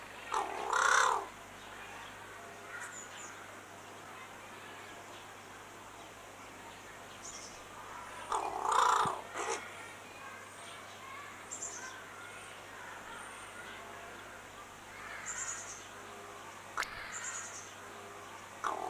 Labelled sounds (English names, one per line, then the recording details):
Pied Crow call
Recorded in captivity
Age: adult
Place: Zoo Berlin, Berlin, DE
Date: 2004-09-17 12:07
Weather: sunny, 19°C
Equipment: Sony WM-D6C, Sennheiser ME 80, Kopie Uher 4000 Report Monitor
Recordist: Tembrock, Günter